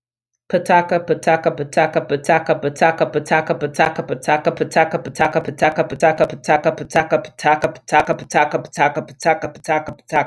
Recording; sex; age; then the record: repeated syllables /pa ta ka/; female; 40 to 49 years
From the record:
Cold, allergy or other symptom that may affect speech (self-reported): no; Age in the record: 40 years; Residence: North Carolina, United States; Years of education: 15